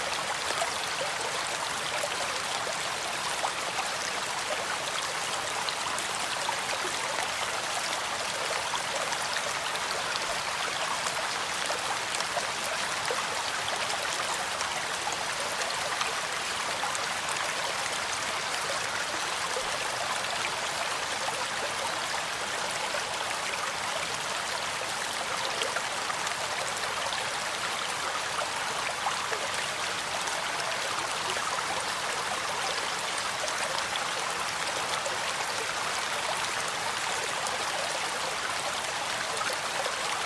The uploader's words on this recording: Raining Sounds. Water White Noise.